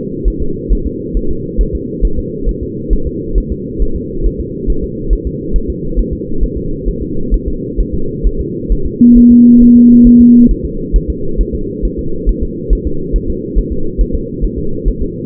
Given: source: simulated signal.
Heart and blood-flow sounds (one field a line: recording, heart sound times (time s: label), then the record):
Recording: fetal heart sounds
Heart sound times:
0.28 s: S1
0.42 s: S2
0.73 s: S1
0.87 s: S2
1.17 s: S1
1.31 s: S2
1.61 s: S1
1.75 s: S2
2.05 s: S1
2.19 s: S2
2.49 s: S1
2.63 s: S2
2.93 s: S1
3.07 s: S2
3.38 s: S1
3.52 s: S2
3.82 s: S1
3.96 s: S2
4.26 s: S1
4.40 s: S2
4.70 s: S1
4.84 s: S2
5.13 s: S1
5.27 s: S2
5.56 s: S1
5.70 s: S2
5.99 s: S1
6.13 s: S2
6.43 s: S1
6.57 s: S2
6.88 s: S1
7.02 s: S2
7.34 s: S1
7.48 s: S2
7.80 s: S1
7.94 s: S2
8.27 s: S1
8.41 s: S2
8.72 s: S1
8.86 s: S2
9.18 s: S1
9.32 s: S2
9.62 s: S1
9.76 s: S2
10.07 s: S1
10.21 s: S2
10.51 s: S1
10.65 s: S2
10.96 s: S1
11.10 s: S2
11.41 s: S1
11.55 s: S2
11.85 s: S1
11.99 s: S2
12.29 s: S1
12.43 s: S2
12.73 s: S1
12.87 s: S2
13.16 s: S1
13.30 s: S2
13.58 s: S1
13.72 s: S2
14.01 s: S1
14.15 s: S2
14.44 s: S1
14.59 s: S2
14.88 s: S1
15.02 s: S2
From the record:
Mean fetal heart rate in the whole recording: 135 bpm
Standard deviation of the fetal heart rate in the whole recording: 3 bpm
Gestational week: 36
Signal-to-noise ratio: -8.1 dB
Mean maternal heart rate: 72 bpm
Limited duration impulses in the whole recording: present